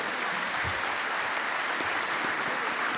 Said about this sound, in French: C'est bizarre, les applaudissements d'habitude, et on fait pas ça. Oui, on n'applaudit pas les blagues pendant le podcast, effectivement. Ce serait bizarre.